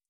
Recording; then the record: hydrophone in a shrimp aquaculture tank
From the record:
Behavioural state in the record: feeding